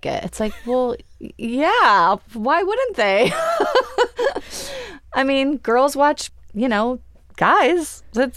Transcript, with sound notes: It's like, well, yeah. Why wouldn't they (laughter)? I mean, girls watch, you know, guys.